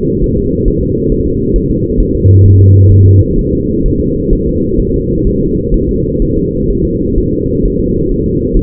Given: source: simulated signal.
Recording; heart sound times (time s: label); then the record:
fetal heart sounds
0.24 s: S1
0.38 s: S2
0.68 s: S1
0.83 s: S2
1.12 s: S1
1.27 s: S2
1.56 s: S1
1.71 s: S2
2.00 s: S1
2.15 s: S2
2.46 s: S1
2.60 s: S2
2.92 s: S1
3.06 s: S2
3.38 s: S1
3.53 s: S2
3.86 s: S1
4.00 s: S2
4.33 s: S1
4.47 s: S2
4.80 s: S1
4.94 s: S2
5.27 s: S1
5.41 s: S2
5.74 s: S1
5.89 s: S2
6.22 s: S1
6.37 s: S2
6.70 s: S1
6.85 s: S2
7.18 s: S1
7.33 s: S2
7.65 s: S1
7.80 s: S2
8.12 s: S1
8.26 s: S2
8.57 s: S1
From the record:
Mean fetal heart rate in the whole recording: 130 bpm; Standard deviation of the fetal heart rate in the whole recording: 4 bpm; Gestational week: 38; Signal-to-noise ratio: -14.7 dB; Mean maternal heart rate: 72 bpm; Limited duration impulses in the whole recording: present